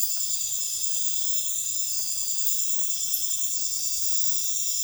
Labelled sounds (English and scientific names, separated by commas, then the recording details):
none
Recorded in dense forest near Puerto Asís, Putumayo, Colombia, on 21 February 2024 at 03:30
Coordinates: 0.505, -76.324
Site G6467